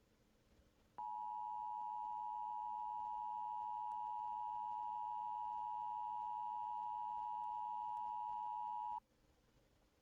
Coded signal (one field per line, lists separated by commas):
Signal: Emergency Alert System (SAME) tones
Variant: 853 and 960 Hz attention tone